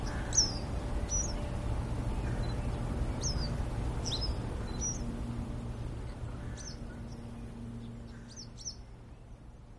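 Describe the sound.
Western yellow wagtail giving a series of thin, high, falling calls, often doubled, at irregular intervals, with low droning background noise fading toward the end.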